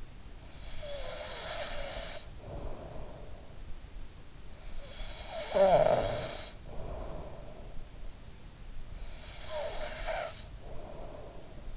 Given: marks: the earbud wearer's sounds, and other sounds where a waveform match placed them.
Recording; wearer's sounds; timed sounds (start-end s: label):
sounds in sleep by an in-ear microphone; breath, snoring breath
0.00-3.54 s: breath
4.62-8.00 s: snoring breath
8.74-11.77 s: snoring breath